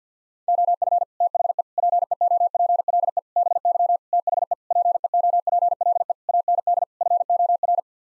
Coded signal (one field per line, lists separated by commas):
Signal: Morse code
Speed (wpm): 50 wpm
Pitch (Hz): 700 Hz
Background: none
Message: OF THE PEOPLE BY THE PEOPLE AND FOR